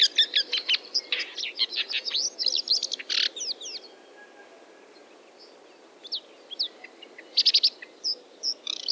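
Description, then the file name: Red-backed shrike giving a fast scratchy chatter of high clicks and chirps for about four seconds, a pause, then further short bursts of sharp notes. "sorokoput zhulan"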